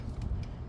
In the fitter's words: Slides on. Boom. Now, it goes on. However, it's not fully seated, right?